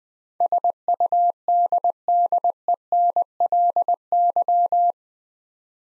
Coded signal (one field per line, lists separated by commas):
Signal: Morse code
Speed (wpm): 20 wpm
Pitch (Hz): 700 Hz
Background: none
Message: SUDDENLY